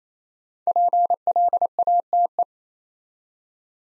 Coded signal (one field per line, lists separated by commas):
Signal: Morse code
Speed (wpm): 27 wpm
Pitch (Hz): 700 Hz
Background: none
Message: PLATE